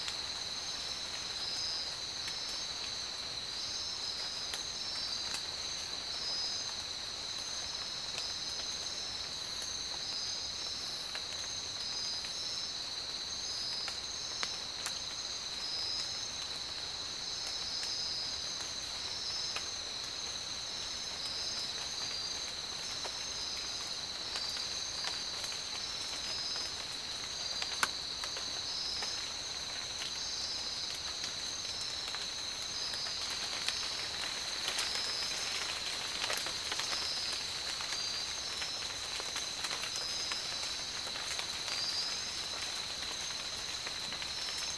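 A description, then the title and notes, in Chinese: Tropical rainforest ambience dominated by a dense, unbroken insect chorus: a shrill, steady whine with a second pulsing, trilling layer just above it. Faint low rustle sits underneath, with scattered ticks, a sharp click near 28 seconds, and slightly busier chirping around 34–37 seconds. 大自然的声音-热带雨林。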